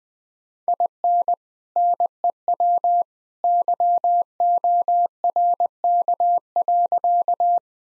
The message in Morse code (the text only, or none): IN NEW YORK.